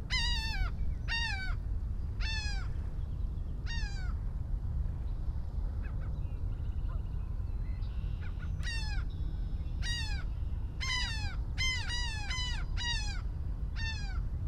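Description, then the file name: Laughing gull giving nasal, harmonic, downward-sliding calls, four notes at first, then a pause, then a quicker burst of about nine laughing notes over a constant low rumble. Recorded in Maryland on 15 April 2012. "Laughing Gull FSP MD 20120415"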